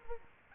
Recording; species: mosquito wingbeat signal from an infrared sensor; Aedes aegypti